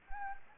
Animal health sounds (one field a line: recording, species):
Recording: mosquito wingbeat signal from an infrared sensor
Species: Anopheles gambiae